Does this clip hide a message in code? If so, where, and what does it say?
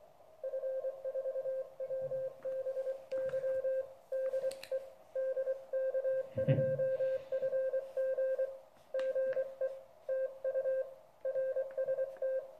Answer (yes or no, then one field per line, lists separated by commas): yes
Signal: Morse code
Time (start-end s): 0.4-12.4 s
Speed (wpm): 23 wpm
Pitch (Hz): 530 Hz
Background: none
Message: F4WBY DE DK2FG GE TU RST